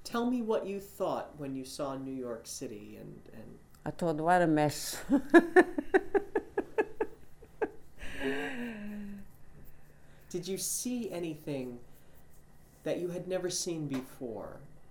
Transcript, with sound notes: Tell me what you thought when you saw New York City and, and...
I thought, "What a mess." (she laughs heartily)
Did you see anything that you had never seen before?